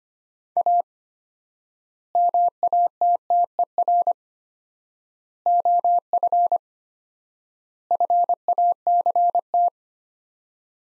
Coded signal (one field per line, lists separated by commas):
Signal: Morse code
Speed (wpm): 25 wpm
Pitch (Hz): 700 Hz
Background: none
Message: A MATTER OF FACT